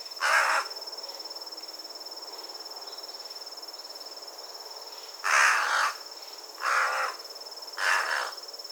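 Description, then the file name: Carrion crow giving one raspy caw, then after a long pause three more harsh caws in succession. "Corvus corone"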